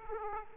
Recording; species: mosquito wingbeat signal from an infrared sensor; Aedes aegypti